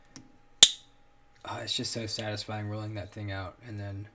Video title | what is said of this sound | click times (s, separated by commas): The BEST USA Made Knives in My Collection! | very loud satisfying click uh that actually got louder once I put these scales on | 0.6 s